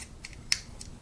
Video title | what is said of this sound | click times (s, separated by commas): 1992 Eels (Cobra Underwater Specialists) G.I. Joe review | press it in until it clicks. | 0.5 s